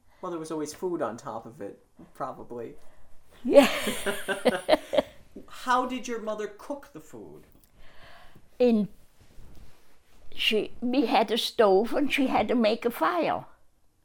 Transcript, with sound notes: Well, there was always food on top of it probably.
Yeah. [They laugh]
How did your mother cook the food?
In, she, we had a stove, and she had to make a fire.